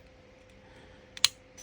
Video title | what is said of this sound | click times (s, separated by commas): Sig P211-GTO Magazine Disassembly and MagazineBlock Installation New 23-Round Magazine | There, you'll hear the click. It'll come off. | 1.2 s